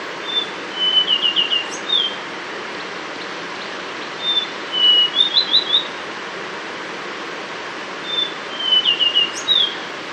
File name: brown scrub robin